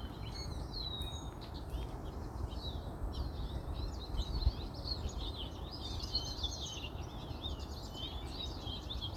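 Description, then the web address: Bird song of repeated high chirps and warbled phrases, continuing throughout over steady low background noise. "Zhao Yuhao Birdsong"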